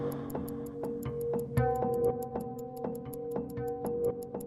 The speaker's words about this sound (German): Neben mir auf dem Nachttisch tickte meine Armbanduhr.